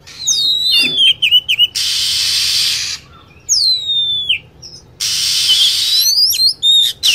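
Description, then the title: Lovebird calls: shrill, high whistled downslurs and rapid chirps, interrupted by loud bursts of steady hissing noise. Lure recording used to attract lovebirds. "PIKAT BURUNG LOVEBIRD"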